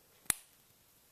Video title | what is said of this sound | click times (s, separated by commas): My 2004 Harley Dyna Custom Project 2011-2012 #23 | And you hear a click and lock the wires in, and you hit. There you have it. | 0.3 s